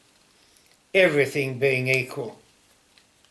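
A wooden key piece of a Luban ball interlocking puzzle is handled among the other wooden pieces while someone talks, with a few faint soft ticks near the end. The key has not seated or clicked into place yet.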